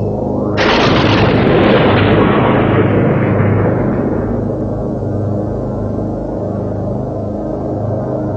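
A massive explosion sound effect depicting the Big Bang that gave origin to the cosmos erupts suddenly after a brief pause, its bright roar gradually dulling into a long, heavy rumble that lingers for several seconds, with no voices.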